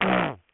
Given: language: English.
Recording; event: throat vibration sensor signal played as sound; throat clearing